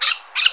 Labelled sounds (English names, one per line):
Brown-throated Parakeet contact call